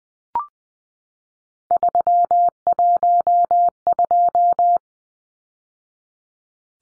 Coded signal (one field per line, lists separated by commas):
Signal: Morse code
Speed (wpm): 20 wpm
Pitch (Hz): 700 Hz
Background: none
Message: 312